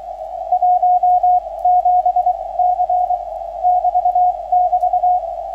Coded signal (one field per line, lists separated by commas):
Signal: Morse code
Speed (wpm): 24 wpm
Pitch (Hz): 690 Hz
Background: radio noise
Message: 17C <BT> <BT>